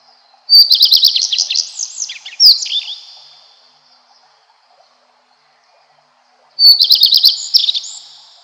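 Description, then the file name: Common Redstart song: a bright, high warbled phrase of rapid repeated notes ending in a slurred dip, then silence before the next phrase starts. "Golosa ptic - Gorihvostka lysushka"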